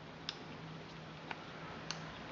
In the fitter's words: donc vous devez entendre ça vraiment se se clipser ah bah voilà ça voilà et donc